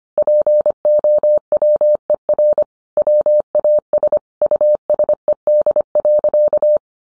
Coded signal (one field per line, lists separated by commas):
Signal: Morse code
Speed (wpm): 25 wpm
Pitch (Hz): 600 Hz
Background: none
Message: POWER WAS USED.